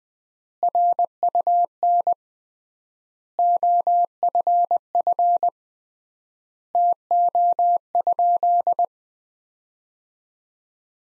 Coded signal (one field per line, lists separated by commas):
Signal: Morse code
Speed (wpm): 20 wpm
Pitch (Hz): 700 Hz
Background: none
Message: RUN OFF TO?